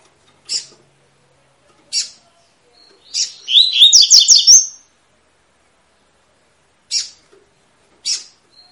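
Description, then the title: Double-collared seedeater giving one quick warbled song phrase, framed by several sharp, high chip notes before and after. Tui-tui song style, a teaching song for young birds, from a bird described as spirited (fibra). "COLEIRO TUI TUI FIBRA"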